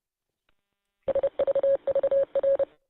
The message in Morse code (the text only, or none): SVVR